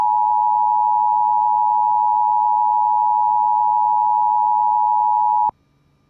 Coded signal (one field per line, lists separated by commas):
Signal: Emergency Alert System (SAME) tones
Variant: 853 and 960 Hz attention tone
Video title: EAS #400 IS HERE EAS Alerts From 3/24/21 (EAS #395-405)